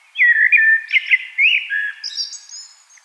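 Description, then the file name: Common blackbird song, one mellow, fluted warbling phrase that slides into a thin, squeaky twittering finish. "Turdus merula"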